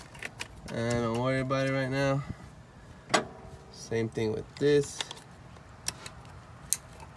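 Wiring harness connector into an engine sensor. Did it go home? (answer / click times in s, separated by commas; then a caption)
yes / 6.7 s. A plastic wiring harness connector is pushed home into an engine sensor on a 1995–2001 Jeep Cherokee XJ during a throttle position sensor replacement, while someone talks. A few small ticks and handling noises come before a sharp click at 6.7 s, when the connector seats.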